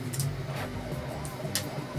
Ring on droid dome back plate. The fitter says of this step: that locks into place.